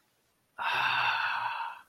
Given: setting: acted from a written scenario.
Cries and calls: vocal sound without words; ecstasy

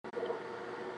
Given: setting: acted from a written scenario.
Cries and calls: vocal sound without words; embarrassment

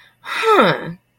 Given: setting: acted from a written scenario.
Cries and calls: vocal sound without words; interest

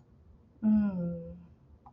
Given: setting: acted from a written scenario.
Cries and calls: vocal sound without words; romantic love

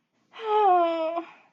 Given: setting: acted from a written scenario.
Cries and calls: vocal sound without words; shame

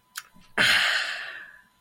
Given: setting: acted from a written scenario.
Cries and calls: vocal sound without words; contentment

